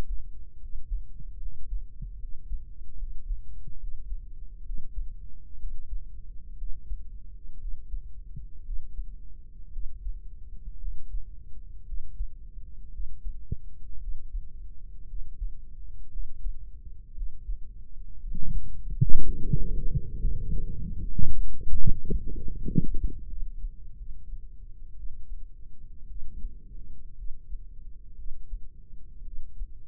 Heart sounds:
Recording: heart sounds by microphone in the right ear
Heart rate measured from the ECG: 63 bpm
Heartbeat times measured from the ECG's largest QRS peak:
0.57 s: heartbeat
1.38 s: heartbeat
2.17 s: heartbeat
2.96 s: heartbeat
3.77 s: heartbeat
4.63 s: heartbeat
5.57 s: heartbeat
6.56 s: heartbeat
7.58 s: heartbeat
8.63 s: heartbeat
9.70 s: heartbeat
10.78 s: heartbeat
11.84 s: heartbeat
12.90 s: heartbeat
13.99 s: heartbeat
15.06 s: heartbeat
16.10 s: heartbeat
17.13 s: heartbeat
18.18 s: heartbeat
19.21 s: heartbeat
20.17 s: heartbeat
20.99 s: heartbeat
21.73 s: heartbeat
22.50 s: heartbeat
23.26 s: heartbeat
23.95 s: heartbeat
24.94 s: heartbeat
26.06 s: heartbeat
27.14 s: heartbeat
28.14 s: heartbeat
29.22 s: heartbeat
From the record:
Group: healthy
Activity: Valsalva maneuver 0-16 s, rest 16-30 s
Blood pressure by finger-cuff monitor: 104/71 mmHg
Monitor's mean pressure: 80 mmHg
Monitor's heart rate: 59 bpm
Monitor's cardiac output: 4.6 L/min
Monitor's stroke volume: 74 mL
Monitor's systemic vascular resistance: 1250 dyn s/cm5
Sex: female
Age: 23 years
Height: 160 cm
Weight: 50.4 kg

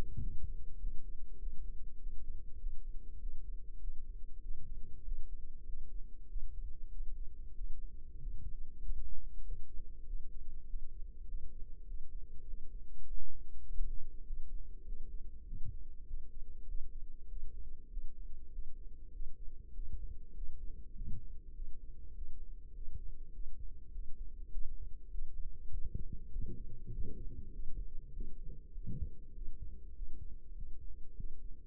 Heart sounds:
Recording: heart sounds by microphone in the left ear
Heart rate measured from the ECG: 99 bpm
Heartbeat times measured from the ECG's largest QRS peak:
0.17 s: heartbeat
0.77 s: heartbeat
1.37 s: heartbeat
1.97 s: heartbeat
2.57 s: heartbeat
3.17 s: heartbeat
3.78 s: heartbeat
4.39 s: heartbeat
5.02 s: heartbeat
5.63 s: heartbeat
6.26 s: heartbeat
6.89 s: heartbeat
7.53 s: heartbeat
8.16 s: heartbeat
8.79 s: heartbeat
9.42 s: heartbeat
10.03 s: heartbeat
10.64 s: heartbeat
11.24 s: heartbeat
11.84 s: heartbeat
12.44 s: heartbeat
13.03 s: heartbeat
13.63 s: heartbeat
14.23 s: heartbeat
14.83 s: heartbeat
15.43 s: heartbeat
16.03 s: heartbeat
16.65 s: heartbeat
17.26 s: heartbeat
17.87 s: heartbeat
18.49 s: heartbeat
19.10 s: heartbeat
19.71 s: heartbeat
20.32 s: heartbeat
20.92 s: heartbeat
21.52 s: heartbeat
22.12 s: heartbeat
22.71 s: heartbeat
23.30 s: heartbeat
23.89 s: heartbeat
24.49 s: heartbeat
25.08 s: heartbeat
25.68 s: heartbeat
26.28 s: heartbeat
26.89 s: heartbeat
27.49 s: heartbeat
28.11 s: heartbeat
28.71 s: heartbeat
29.31 s: heartbeat
29.92 s: heartbeat
30.52 s: heartbeat
31.14 s: heartbeat
From the record:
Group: healthy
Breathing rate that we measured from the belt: 23 breaths a minute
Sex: female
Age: 32 years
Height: 172 cm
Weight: 71.7 kg

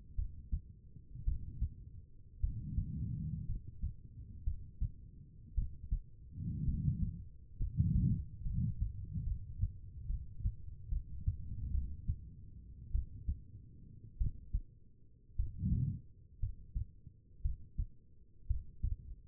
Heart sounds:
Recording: heart sounds by stethoscope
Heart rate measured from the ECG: 59 bpm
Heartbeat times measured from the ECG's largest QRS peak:
0.15 s: heartbeat
1.24 s: heartbeat
2.40 s: heartbeat
3.46 s: heartbeat
4.44 s: heartbeat
5.55 s: heartbeat
6.65 s: heartbeat
7.57 s: heartbeat
8.43 s: heartbeat
9.24 s: heartbeat
10.07 s: heartbeat
10.89 s: heartbeat
11.71 s: heartbeat
12.92 s: heartbeat
14.18 s: heartbeat
15.36 s: heartbeat
16.40 s: heartbeat
17.42 s: heartbeat
18.47 s: heartbeat
From the record:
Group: healthy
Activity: rest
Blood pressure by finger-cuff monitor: 88/61 mmHg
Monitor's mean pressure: 69 mmHg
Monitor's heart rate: 58 bpm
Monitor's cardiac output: 4.2 L/min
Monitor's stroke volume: 71 mL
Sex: female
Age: 36 years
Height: 163 cm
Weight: 88 kg

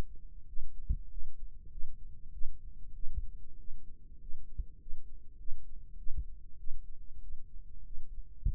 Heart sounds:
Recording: heart sounds by microphone in the left ear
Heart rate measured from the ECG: 98 bpm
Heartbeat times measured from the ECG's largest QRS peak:
0.48 s: heartbeat
1.11 s: heartbeat
1.72 s: heartbeat
2.34 s: heartbeat
2.95 s: heartbeat
3.59 s: heartbeat
4.21 s: heartbeat
4.81 s: heartbeat
5.40 s: heartbeat
5.99 s: heartbeat
6.59 s: heartbeat
7.22 s: heartbeat
7.85 s: heartbeat
8.46 s: heartbeat
From the record:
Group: healthy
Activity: rest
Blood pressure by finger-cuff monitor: 115/72 mmHg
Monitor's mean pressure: 85 mmHg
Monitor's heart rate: 97 bpm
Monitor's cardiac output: 7.3 L/min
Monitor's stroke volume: 75 mL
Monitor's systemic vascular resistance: 870 dyn s/cm5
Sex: female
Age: 37 years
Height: 168 cm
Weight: 70 kg

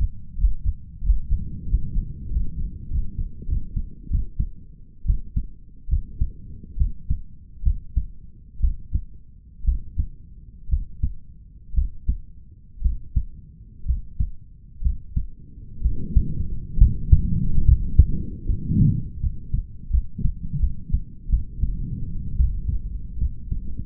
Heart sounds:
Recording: heart sounds by stethoscope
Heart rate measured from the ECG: 71 bpm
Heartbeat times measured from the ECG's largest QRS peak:
0.37 s: heartbeat
1.02 s: heartbeat
1.67 s: heartbeat
2.30 s: heartbeat
2.90 s: heartbeat
3.48 s: heartbeat
4.10 s: heartbeat
5.06 s: heartbeat
5.89 s: heartbeat
6.77 s: heartbeat
7.63 s: heartbeat
8.60 s: heartbeat
9.65 s: heartbeat
10.69 s: heartbeat
11.74 s: heartbeat
12.82 s: heartbeat
13.86 s: heartbeat
14.82 s: heartbeat
15.82 s: heartbeat
16.78 s: heartbeat
17.65 s: heartbeat
18.46 s: heartbeat
19.20 s: heartbeat
19.91 s: heartbeat
20.60 s: heartbeat
21.30 s: heartbeat
22.36 s: heartbeat
23.18 s: heartbeat
From the record:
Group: healthy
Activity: breath hold 0-5 s, rest 5-24 s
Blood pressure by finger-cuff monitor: 134/88 mmHg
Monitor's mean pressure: 99 mmHg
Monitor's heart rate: 68 bpm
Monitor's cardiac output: 5.4 L/min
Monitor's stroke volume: 77 mL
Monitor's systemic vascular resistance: 1350 dyn s/cm5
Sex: male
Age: 21 years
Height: 170 cm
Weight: 71 kg

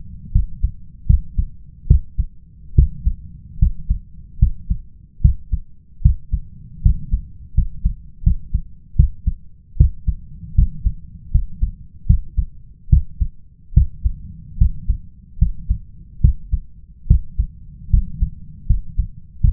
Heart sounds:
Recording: heart sounds by stethoscope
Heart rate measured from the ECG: 75 bpm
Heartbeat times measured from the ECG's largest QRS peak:
0.31 s: heartbeat
1.06 s: heartbeat
1.86 s: heartbeat
2.74 s: heartbeat
3.58 s: heartbeat
4.38 s: heartbeat
5.21 s: heartbeat
6.01 s: heartbeat
6.81 s: heartbeat
7.53 s: heartbeat
8.22 s: heartbeat
8.95 s: heartbeat
9.76 s: heartbeat
10.54 s: heartbeat
11.30 s: heartbeat
12.06 s: heartbeat
12.89 s: heartbeat
13.73 s: heartbeat
14.57 s: heartbeat
15.38 s: heartbeat
16.20 s: heartbeat
17.06 s: heartbeat
17.89 s: heartbeat
18.66 s: heartbeat
19.40 s: heartbeat
From the record:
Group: healthy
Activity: cold pressor test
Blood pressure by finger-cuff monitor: 144/86 mmHg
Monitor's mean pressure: 103 mmHg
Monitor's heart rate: 74 bpm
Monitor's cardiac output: 6.2 L/min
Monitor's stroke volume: 84 mL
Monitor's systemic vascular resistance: 1240 dyn s/cm5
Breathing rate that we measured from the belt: 16 breaths a minute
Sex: male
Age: 21 years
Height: 180 cm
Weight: 67.5 kg

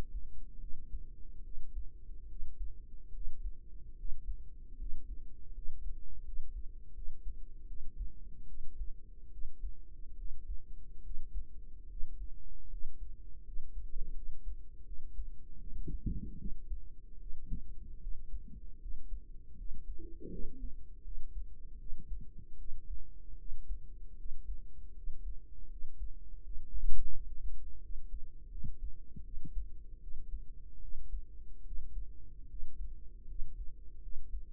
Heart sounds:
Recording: heart sounds by microphone in the right ear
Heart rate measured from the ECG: 77 bpm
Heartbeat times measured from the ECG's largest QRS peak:
0.59 s: heartbeat
1.42 s: heartbeat
2.27 s: heartbeat
3.12 s: heartbeat
3.95 s: heartbeat
4.76 s: heartbeat
5.52 s: heartbeat
6.23 s: heartbeat
6.93 s: heartbeat
7.66 s: heartbeat
8.46 s: heartbeat
9.30 s: heartbeat
10.15 s: heartbeat
11.01 s: heartbeat
11.87 s: heartbeat
12.69 s: heartbeat
13.43 s: heartbeat
14.13 s: heartbeat
14.84 s: heartbeat
15.58 s: heartbeat
16.37 s: heartbeat
17.18 s: heartbeat
17.99 s: heartbeat
18.79 s: heartbeat
19.55 s: heartbeat
20.29 s: heartbeat
21.02 s: heartbeat
21.77 s: heartbeat
22.56 s: heartbeat
23.36 s: heartbeat
24.16 s: heartbeat
24.94 s: heartbeat
25.68 s: heartbeat
26.41 s: heartbeat
27.12 s: heartbeat
27.80 s: heartbeat
28.49 s: heartbeat
29.23 s: heartbeat
29.99 s: heartbeat
30.80 s: heartbeat
31.63 s: heartbeat
32.47 s: heartbeat
33.26 s: heartbeat
34.00 s: heartbeat
From the record:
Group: healthy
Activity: rest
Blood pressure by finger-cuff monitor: 133/68 mmHg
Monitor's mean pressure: 85 mmHg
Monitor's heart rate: 76 bpm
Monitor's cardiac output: 7.5 L/min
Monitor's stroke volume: 95 mL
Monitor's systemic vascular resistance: 830 dyn s/cm5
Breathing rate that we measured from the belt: 9 breaths a minute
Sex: female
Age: 32 years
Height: 168 cm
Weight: 61.9 kg

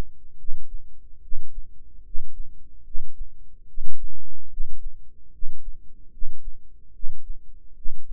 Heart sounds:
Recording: heart sounds by microphone in the right ear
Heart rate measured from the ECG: 73 bpm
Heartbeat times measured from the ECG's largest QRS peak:
0.36 s: heartbeat
1.19 s: heartbeat
2.02 s: heartbeat
2.82 s: heartbeat
3.65 s: heartbeat
4.48 s: heartbeat
5.30 s: heartbeat
6.09 s: heartbeat
6.91 s: heartbeat
7.73 s: heartbeat
From the record:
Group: healthy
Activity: rest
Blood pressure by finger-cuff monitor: 94/57 mmHg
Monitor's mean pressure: 69 mmHg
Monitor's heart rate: 73 bpm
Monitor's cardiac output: 7 L/min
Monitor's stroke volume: 95 mL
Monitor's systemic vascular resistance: 700 dyn s/cm5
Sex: male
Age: 35 years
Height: 180 cm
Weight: 86.9 kg

